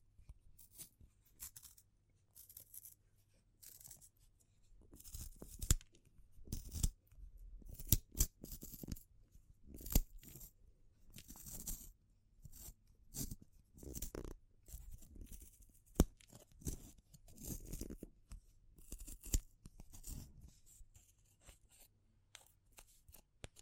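Wood, bamboo and straw being handled produce a run of dry crackles, taps and rustles that come in quick irregular bursts throughout. Some sharper clicks stand out around the middle, while a faint low hum sits underneath the quieter gaps.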